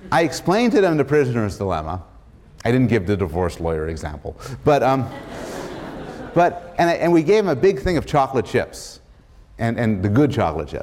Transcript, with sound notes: I explained to them The Prisoner's Dilemma. I didn't give the divorce lawyer example but — [laughter] and we gave them a big thing of chocolate chips and — the good chocolate chips.